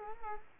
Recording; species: mosquito wingbeat signal from an infrared sensor; Culex quinquefasciatus